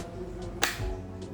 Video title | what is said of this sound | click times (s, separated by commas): UNBOXING PERTAMA !!! KYT KX-1 RACE GP REPLICA ENEA BASTIANINI #indonesiangp 2023 - REVIEW INDONESIA | sampai dia bunyi, dan ini sudah ngelock. | 0.6 s